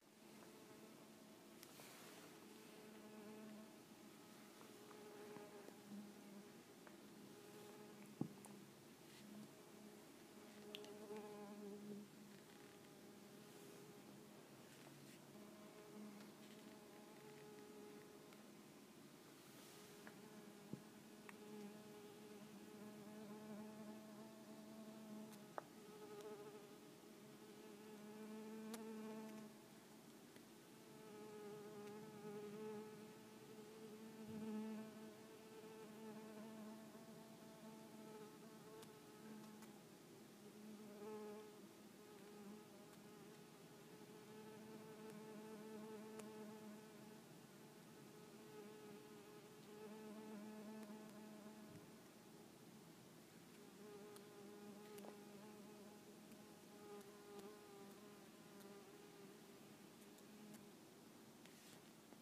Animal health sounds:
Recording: mosquito flight sound by mobile phone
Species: Culiseta incidens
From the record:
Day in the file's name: 3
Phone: iPhone 6

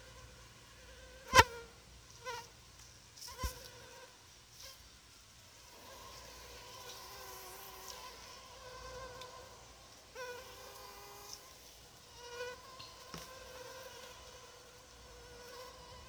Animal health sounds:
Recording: mosquito flight sound by mobile phone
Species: Anopheles arabiensis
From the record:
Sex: female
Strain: Rufisque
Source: CDC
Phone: Sony Xperia

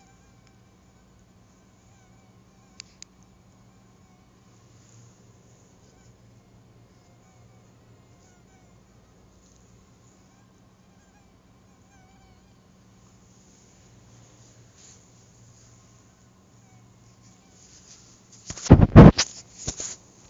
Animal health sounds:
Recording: mosquito flight sound by mobile phone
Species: Anopheles stephensi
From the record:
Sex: female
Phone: Google Nexus

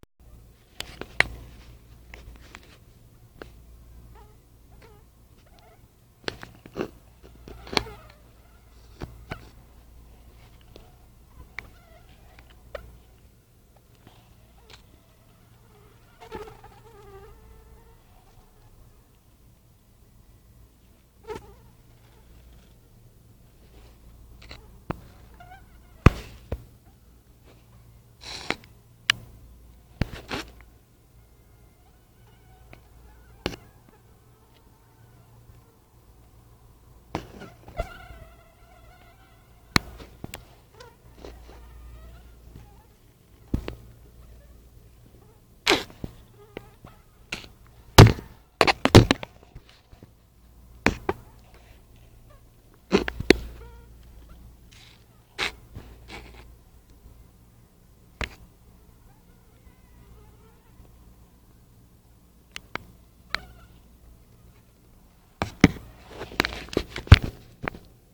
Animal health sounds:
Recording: mosquito flight sound by mobile phone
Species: Anopheles freeborni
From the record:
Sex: mixed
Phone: Nokia 5235

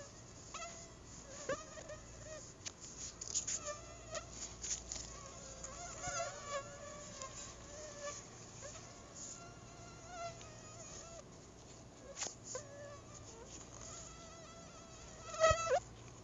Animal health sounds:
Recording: mosquito flight sound by mobile phone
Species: Anopheles arabiensis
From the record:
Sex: female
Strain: Dongola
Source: CDC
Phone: Google Nexus

